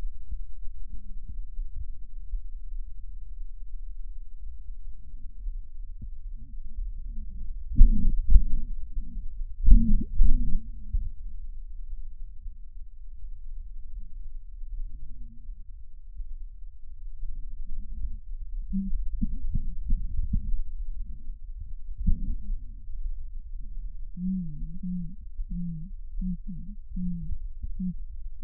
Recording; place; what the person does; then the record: lung sounds by stethoscope; right posterior apical chest; quiet breathing, then cough and speech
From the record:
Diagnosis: asthma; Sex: female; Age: 56 years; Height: 161 cm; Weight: 85 kg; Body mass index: 32.8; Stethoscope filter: bell mode